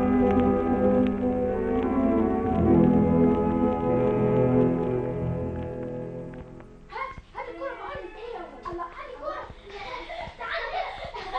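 A steady, humming harmonic sound fills the first half, then gives way to children shouting and laughing in busy, overlapping bursts as they play in their father's house.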